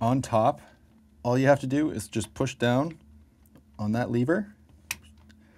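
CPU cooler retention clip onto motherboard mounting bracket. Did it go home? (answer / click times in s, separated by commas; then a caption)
yes / 4.9 s. Someone talks while pushing down on the lever of a stock AMD Wraith CPU cooler so its metal retention clip hooks onto the black plastic mounting bracket on the motherboard. A sharp snap is heard at 4.9 s as the latch seats onto the bracket.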